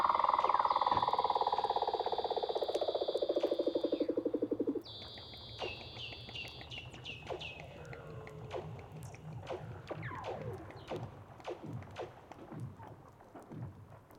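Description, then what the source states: Weddell seal underwater calls: a loud pulsed trill falling slowly for about five seconds with steady high tones, then descending chirps and scattered clicks. Weddell seals recorded underwater.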